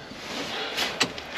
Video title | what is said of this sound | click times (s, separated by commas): New LED Dash Light Bulbs in The 77 F150 | and you got to push that in till it clicks and then | 1.0 s